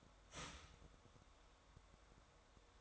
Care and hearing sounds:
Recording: daily activity, microphone in the room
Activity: start toaster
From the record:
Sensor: 3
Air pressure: 1014.7 hPa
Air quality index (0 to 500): 195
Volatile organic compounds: 23 ppm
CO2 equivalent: 2794 ppm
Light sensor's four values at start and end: 4/11/4/4 and 4/11/4/4

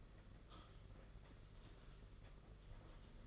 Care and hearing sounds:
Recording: daily activity, microphone in the room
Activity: typing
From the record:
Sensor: 4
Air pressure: 992.6 hPa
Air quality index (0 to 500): 137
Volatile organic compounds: 62 ppm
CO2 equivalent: 3435 ppm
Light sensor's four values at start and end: 19/66/24/25 and 19/66/24/25

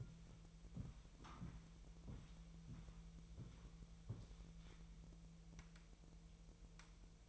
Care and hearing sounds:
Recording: daily activity, microphone in the room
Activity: walk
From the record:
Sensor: 1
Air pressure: 1002.1 hPa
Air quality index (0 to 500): 236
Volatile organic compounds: 91 ppm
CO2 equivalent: 3694 ppm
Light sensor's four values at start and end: 8/19/8/9 and 8/18/7/9

